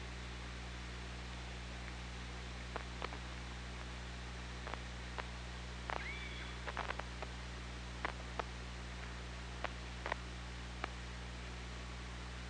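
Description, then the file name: Killer whale clicks over steady low hum, irregular sharp pulses scattered throughout with a brief faint upswept tonal call near the middle. Recorded 24 August 2017 at 18:07:41 by OrcaLab. "Orca Lab UTLN JASON 20170824 180741"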